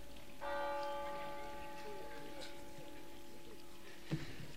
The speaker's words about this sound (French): on écoute les... Ça repose, les cloches. Enfin, un son pur par rapport à mes paroles polluées, là.